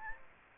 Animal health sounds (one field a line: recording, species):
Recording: mosquito wingbeat signal from an infrared sensor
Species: Aedes aegypti